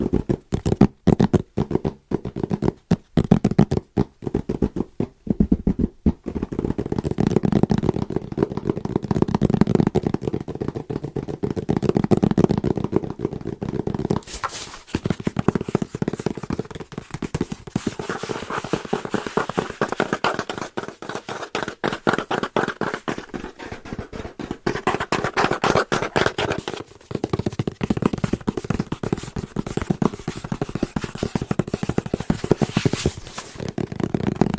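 Fast, rhythmic tapping on wrapped presents, dense clicks with hollow papery thuds, pausing briefly around fifteen seconds.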